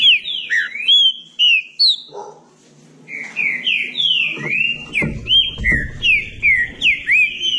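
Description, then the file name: Green-winged saltator song: loud, slurred whistled notes rising and falling in quick phrases, a brief pause, then a steady run of looping whistles over a faint low hum. "canto do trinca ferro"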